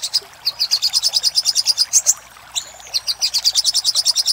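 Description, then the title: Little spiderhunter song: runs of rapid, high, sharp chipping notes, broken by a brief pause and a thin drawn whistle. Master recording used for training cage birds. "Sogok Ontong Labaik"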